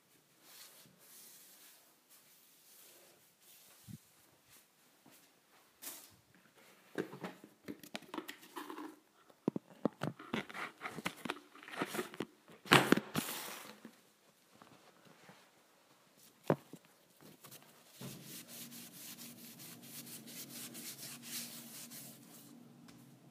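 Cleaning kitchen appliances: scrubbing, wiping and knocking sounds come in irregular bursts, busiest between about 6 and 14 seconds, with a sharp loud clatter near 13 seconds. From about 18 seconds a steady low motor hum runs under quieter rubbing to the end.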